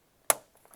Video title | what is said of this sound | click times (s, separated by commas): A Tutorial on How to Remove the Hard Drive and RAM Chip Cards from a Del Laptop | and clicks into place | 0.3 s